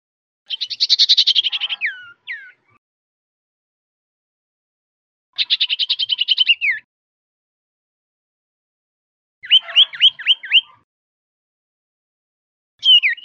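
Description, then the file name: Common iora calls repeatedly: rapid buzzy trills ending in downslurred whistles, a series of looping notes, and a final brief note, separated by pauses of several seconds. Recording made as a lure (pancingan) to attract the bird. "siulan cipo untuk pancingan"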